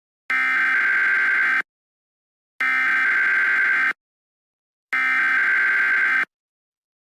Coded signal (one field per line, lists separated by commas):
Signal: Emergency Alert System (SAME) tones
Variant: header bursts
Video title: EAS Scenario #9 - Hyper Tornadoes (A start of a new series....)